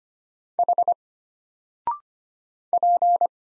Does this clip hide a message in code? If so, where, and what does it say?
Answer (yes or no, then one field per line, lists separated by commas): yes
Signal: Morse code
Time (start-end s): 0.6-3.3 s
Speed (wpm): 25 wpm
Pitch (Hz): 700 Hz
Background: none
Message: H P